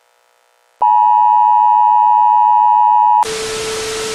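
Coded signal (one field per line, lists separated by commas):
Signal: Emergency Alert System (SAME) tones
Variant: 853 and 960 Hz attention tone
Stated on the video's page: Fictional EAS scenario.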